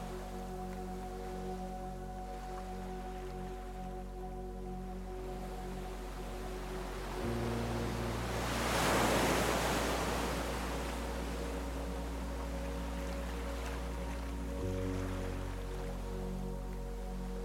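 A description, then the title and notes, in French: Soft, slow music of long sustained low tones plays over a constant hiss of water, with the chords shifting around 7 and 15 seconds. Near the middle, a wave swells and washes in brighter and louder, then gradually recedes into the steady background. Les sons naturels et authentiques des vagues se mêlent à une musique douce et relaxante.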